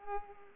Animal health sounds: mosquito wingbeat signal from an infrared sensor; Culex pipiens

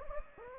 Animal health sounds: mosquito wingbeat signal from an infrared sensor; Anopheles gambiae

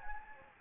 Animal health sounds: mosquito wingbeat signal from an infrared sensor; Anopheles gambiae

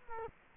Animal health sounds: mosquito wingbeat signal from an infrared sensor; Culex quinquefasciatus

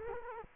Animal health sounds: mosquito wingbeat signal from an infrared sensor; Culex quinquefasciatus

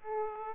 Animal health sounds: mosquito wingbeat signal from an infrared sensor; Aedes aegypti

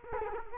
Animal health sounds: mosquito wingbeat signal from an infrared sensor; Culex quinquefasciatus

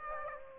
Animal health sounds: mosquito wingbeat signal from an infrared sensor; Aedes aegypti

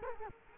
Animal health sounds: mosquito wingbeat signal from an infrared sensor; Culex quinquefasciatus

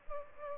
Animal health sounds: mosquito wingbeat signal from an infrared sensor; Aedes albopictus

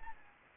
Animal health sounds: mosquito wingbeat signal from an infrared sensor; Anopheles gambiae

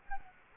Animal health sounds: mosquito wingbeat signal from an infrared sensor; Culex quinquefasciatus

